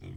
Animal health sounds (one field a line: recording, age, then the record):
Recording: pig call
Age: weaner (32 to 43 days)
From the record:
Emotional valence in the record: negative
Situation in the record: negative conditioning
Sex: female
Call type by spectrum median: low-frequency call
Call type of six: low-frequency stable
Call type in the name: low-frequency stable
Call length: 0.17 s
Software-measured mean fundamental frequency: 45 Hz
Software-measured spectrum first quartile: 105 Hz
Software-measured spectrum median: 182 Hz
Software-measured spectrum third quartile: 500 Hz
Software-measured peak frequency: 104 Hz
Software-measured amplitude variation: 138 dB a second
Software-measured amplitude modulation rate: 26.2 a second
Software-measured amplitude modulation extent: 5.3 dB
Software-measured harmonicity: 0.0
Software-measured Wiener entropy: -0.15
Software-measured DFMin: 1076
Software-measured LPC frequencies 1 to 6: 2288, 3347, 5496, 6611, 8042, 8643 Hz